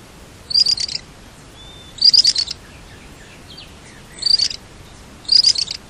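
Bird uttering high, buzzy chirp bursts in four clusters at uneven intervals, over faint steady background hiss.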